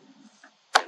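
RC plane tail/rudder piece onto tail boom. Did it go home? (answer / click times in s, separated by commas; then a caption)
yes / 0.8 s. A plastic tail (rudder) piece is pushed onto the tail boom of a T2 Cruza RC VTOL plane. After faint low handling noise and a small tap at 0.4 s, it snaps home with a sharp, bright click at 0.8 s, and the tail piece is seated on the boom.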